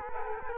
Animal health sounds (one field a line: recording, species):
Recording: mosquito wingbeat signal from an infrared sensor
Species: Culex quinquefasciatus